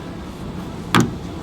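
In the bed of an Ineos Grenadier Quartermaster truck, the plastic bed-liner panel is pulled inward by hand until its plastic retaining clip pops free with one sharp click at 0.95 s, over a steady low background hum. The clip is released from the panel.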